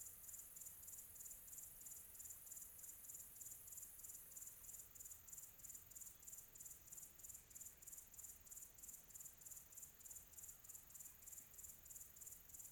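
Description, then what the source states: Cricket chirps in a high, even pulse, roughly three per second, over a low steady hush. Quiet tropical atmosphere.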